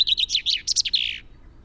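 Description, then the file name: Common chaffinch singing the close of its song, a fast descending trill of bright notes finishing in a short, emphatic flourish. "Fringilla coelebs"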